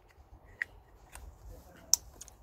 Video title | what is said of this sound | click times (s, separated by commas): Volkswagen Polo coil pack replacement | Simply just push it back in. Do you hear a click? | 1.9 s